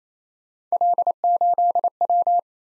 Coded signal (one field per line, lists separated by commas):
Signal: Morse code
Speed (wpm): 33 wpm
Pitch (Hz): 700 Hz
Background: none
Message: L8W